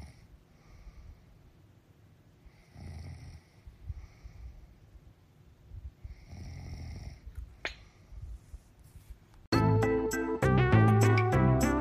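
Low, rattling snores recur about every three to four seconds, roughly 16 a minute, with quiet breathing between them. This is ordinary snoring. Loud music starts abruptly near the end.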